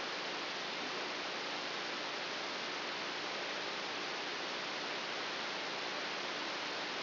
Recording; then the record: brain microelectrode recording played as sound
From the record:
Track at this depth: outside the subthalamic nucleus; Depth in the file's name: 7.001 mm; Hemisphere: right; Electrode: 3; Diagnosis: Parkinson's disease